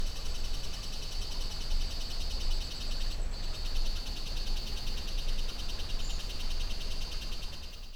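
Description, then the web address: Insects keep up a dense high pulsing drone, briefly dropping out near the three-second mark before resuming, while river water rumbles low and steady beneath. Insect chatter swelling in Costa Rica jungle rainforest at 06:32 AM beside a river, recorded with a Holophone. "GDC 2019-Game Audio Bundle Pole Position - Costa Rica Jungle Rainforest Jungle,Costa Rica, 06 32 AM,Insect Chatter Swells,River,Holophone"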